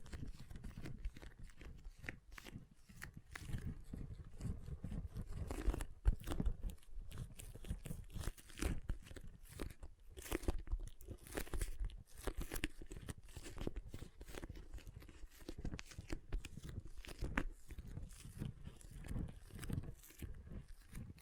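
Water beads rustle and click in a dense, continuous stream of soft crackling taps, mostly low and muffled, with occasional louder squelches.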